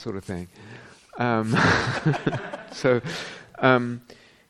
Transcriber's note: laughter